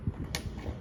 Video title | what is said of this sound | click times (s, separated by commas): My BIGGEST Upgrades for Ender 3 Pro! | There's a click sound, and now we're gonna get our 3mm Allen key | 0.3 s